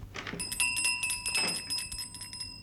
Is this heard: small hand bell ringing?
yes